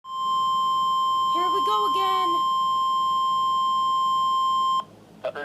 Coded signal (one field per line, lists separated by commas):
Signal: Emergency Alert System (SAME) tones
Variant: 1050 Hz attention tone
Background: speech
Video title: (EAS 13) Severe T'storm Warning for Ottawa, Sandusky, and Wood counties!